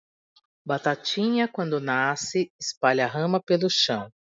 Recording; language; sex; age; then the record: short text; Brazilian Portuguese; female; 40 to 49 years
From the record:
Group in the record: control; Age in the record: 47 years